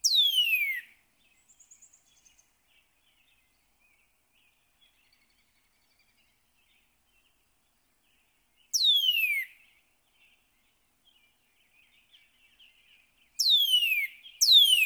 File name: Northern Cardinal